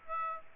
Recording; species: mosquito wingbeat signal from an infrared sensor; Aedes aegypti